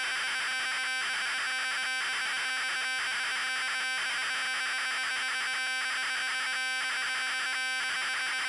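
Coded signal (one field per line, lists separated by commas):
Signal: ZX Spectrum tape loading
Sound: loud continuous raspy buzzing with rapid rhythmic stuttering, shifting between tonal and hissy textures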